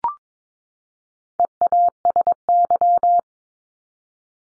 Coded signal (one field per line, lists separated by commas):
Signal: Morse code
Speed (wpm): 22 wpm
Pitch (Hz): 700 Hz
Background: none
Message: EASY